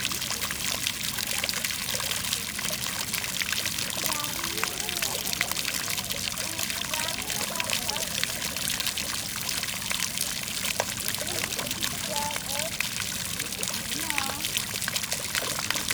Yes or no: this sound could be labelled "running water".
yes